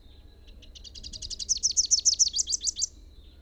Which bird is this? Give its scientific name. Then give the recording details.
Basileuterus rufifrons. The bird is a male. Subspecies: rufifrons. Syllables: 26. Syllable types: 5. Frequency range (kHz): 2.7-7.7 kHz. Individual YA-OGS-M